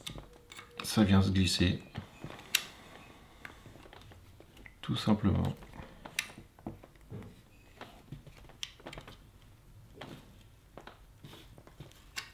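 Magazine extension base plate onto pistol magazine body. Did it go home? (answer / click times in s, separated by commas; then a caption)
no / none. A +2 magazine extension base plate made by Armanov is handled against a Glock pistol magazine body, with sharp ticks and small clicks of handling throughout while someone talks. Nothing has seated or clicked into place yet.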